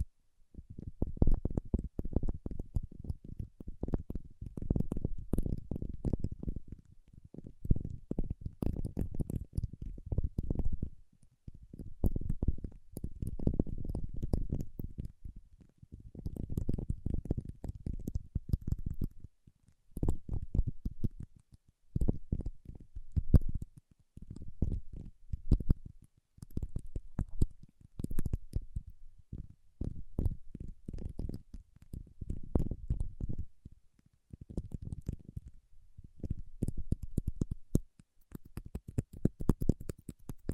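Paraffin wax being peeled, tapped and scratched, heard as dense, crackling low rustles that come in irregular bursts of a second or two. Short gaps break up the scraping, and sharper clicks and snaps flick through it throughout, more often toward the end.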